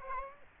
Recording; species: mosquito wingbeat signal from an infrared sensor; Aedes aegypti